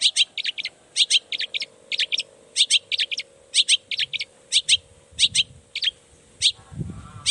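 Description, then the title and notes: Long-tailed shrike song: rapid groups of sharp high chirps repeated steadily throughout, with a faint low hum underneath. Singing actively in the morning, with 'toet toet' sound variations and opening its repertoire; said to make other shrikes respond. "Cendet Gacor Dor Di Kala Pagi Toet Toet Variasi Suara. Cendet Gacor Pagi Hari. Burung cendet"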